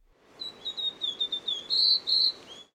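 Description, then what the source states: Rose Robin song: a run of short, high, thin chirping notes, then two longer, louder, sustained whistles near the end, with faint background hiss. Recorded at O'Reilly's in the Gold Coast hinterland on Yugambeh country, Australia; rose robin described as more active and vocal than the pink robin.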